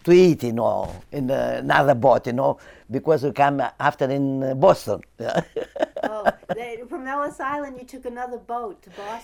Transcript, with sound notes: to eat, you know, in another boat, you know. Because we come after in Boston. (She laughs)
Oh, from Ellis Island you took another boat to Boston.